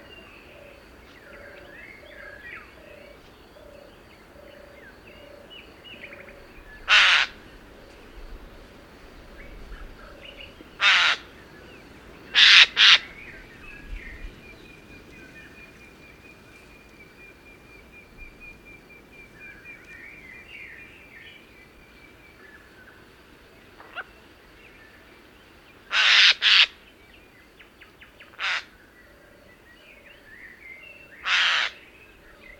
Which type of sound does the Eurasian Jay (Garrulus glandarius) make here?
call